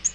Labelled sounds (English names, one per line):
Nashville Warbler flight call